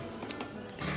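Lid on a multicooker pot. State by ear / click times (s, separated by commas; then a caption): not seated / none. The lid of an electric pressure cooker (multicooker) is closed onto the pot and turned toward its locked position. Two brief sharp sounds come at 0.3 s and 0.4 s, followed by a louder, steady broadband noise from about 0.8 s to the end. The lid is still being handled and has not locked or clicked into place yet.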